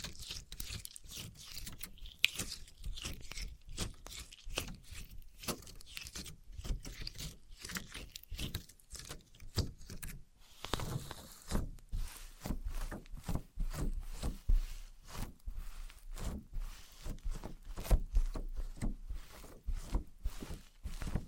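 Objects of wood, cork, sponge, foam, glass and plastic are handled and struck against each other in a rapid series of short knocks, scrapes and crunches. The taps are dense and irregular, with bright clicks over a low thump, and grow quicker and sharper after about ten seconds.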